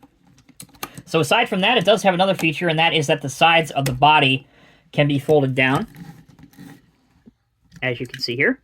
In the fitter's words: claws and it just clicks back in